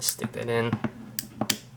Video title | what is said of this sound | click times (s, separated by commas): Marvel Legends GIANT MAN BAF Civil War Figure Review | there you go nice click | 1.5 s